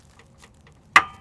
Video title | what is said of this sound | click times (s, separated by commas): 1996 - 2000 GM OBS 4WD K Truck Vortec V8 5.0L / 5.7L Oil Filter Adapter Leak Repair (Chevy & GMC) | it goes nice heard it pop that | 1.0 s